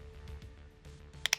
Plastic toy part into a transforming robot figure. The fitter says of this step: It feels like it should click in right. That's right there, but it's loose.